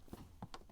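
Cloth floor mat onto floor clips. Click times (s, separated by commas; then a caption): 0.4 s, 0.5 s. A cloth floor mat in a Fisker Ocean is pressed down onto the floor clips. After a soft low thump near 0.1 s, two sharp clicks sound at 0.4 s and 0.5 s as the clips lock into place. The mat is seated and secure.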